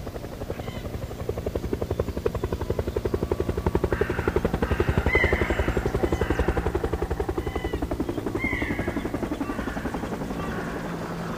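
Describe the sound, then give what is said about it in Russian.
A K-52 attack helicopter lands on an asphalt battalion parade ground, its rotor beating in a rapid, steady chop, with whistling blade tones rising over it. The thumping swells through the middle and then eases slightly, with no voices. “Со свистом рассекая лопастями воздух, К-52 опустился на асфальтированный батальонный плац.”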